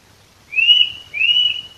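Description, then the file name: Eurasian nuthatch giving two clear, slightly rising whistled notes in quick succession. "Sitta europaea"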